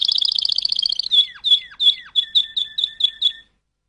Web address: canary canary-sound